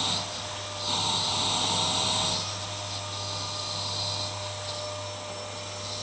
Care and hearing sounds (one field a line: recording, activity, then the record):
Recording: daily activity, microphone in the room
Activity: vacuum cleaning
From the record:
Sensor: 3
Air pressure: 1009.5 hPa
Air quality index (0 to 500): 196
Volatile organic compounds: 16 ppm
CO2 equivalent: 2548 ppm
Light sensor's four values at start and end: 33/84/36/38 and 37/90/39/42